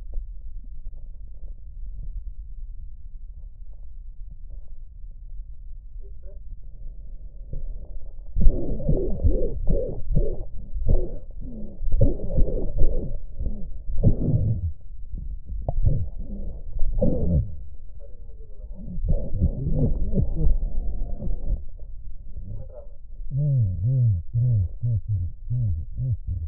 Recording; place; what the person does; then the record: lung sounds by stethoscope; left posterior basal chest; quiet breathing, then cough and speech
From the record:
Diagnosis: pulmonary infection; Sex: male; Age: 74 years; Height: 171 cm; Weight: 80 kg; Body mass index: 27.4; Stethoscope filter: extended mode